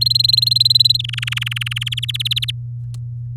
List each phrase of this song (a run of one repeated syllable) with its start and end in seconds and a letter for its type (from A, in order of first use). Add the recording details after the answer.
0.01-0.97 A, 0.99-1.89 B, 1.92-2.51 C. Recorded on 7 May 2018 at 15:29. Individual llb16